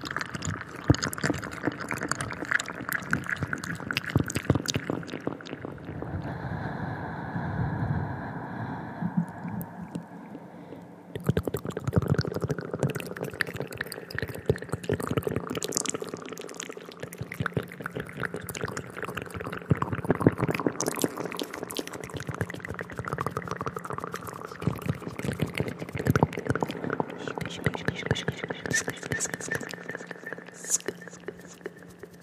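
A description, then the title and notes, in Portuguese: Intense wet mouth sounds crackle and smack in dense, rapid clusters throughout, with a brief muffled hum around the seventh to eleventh seconds. ASMR COM ECO: SONS DE BOCA INFINITOS. ASMR intenso com sons de boca molhados.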